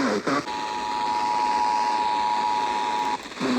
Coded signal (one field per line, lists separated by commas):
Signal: Emergency Alert System (SAME) tones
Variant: 853 and 960 Hz attention tone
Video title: EAS Alerts From 5/2/25: A Compilation (EAS 585-599)